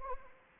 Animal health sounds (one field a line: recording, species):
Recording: mosquito wingbeat signal from an infrared sensor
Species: Anopheles arabiensis